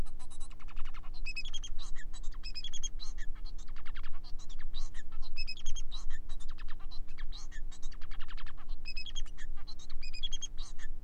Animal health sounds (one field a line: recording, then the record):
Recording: song of a male Bengalese finch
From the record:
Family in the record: son of father 4